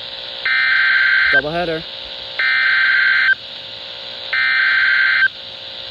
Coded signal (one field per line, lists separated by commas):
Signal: Emergency Alert System (SAME) tones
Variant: header bursts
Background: speech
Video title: (DOUBLE HEADER) Severe Thunderstorm Warning - Severe Thunderstorm Warning #2 - 6/20/21 (EAS #19-20)